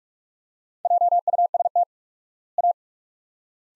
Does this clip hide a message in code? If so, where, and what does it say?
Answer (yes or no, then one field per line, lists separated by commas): yes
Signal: Morse code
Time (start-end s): 0.8-2.7 s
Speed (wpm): 44 wpm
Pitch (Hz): 700 Hz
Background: none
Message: JUST A